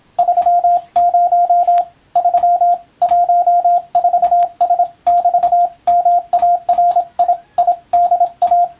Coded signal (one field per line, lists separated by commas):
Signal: Morse code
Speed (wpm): 27 wpm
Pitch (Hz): 700 Hz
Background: radio noise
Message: 30 3 14S<BT>MARI IDA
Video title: モールスＣＷトレーニング用、YouTubeの再生速度を調整して自分のスピードで練習してみよう！総合無線通信士試験の練習です。(morse code practice radio operator )